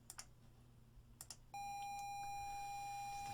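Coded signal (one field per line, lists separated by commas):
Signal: ZX Spectrum tape loading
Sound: a few soft clicks, then a steady buzzy mid-pitched lead tone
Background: clicks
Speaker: i'm going to subject you to the first minute of the spectrum loading mechanism there we go it's just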